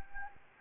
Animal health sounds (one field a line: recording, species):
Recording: mosquito wingbeat signal from an infrared sensor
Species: Anopheles gambiae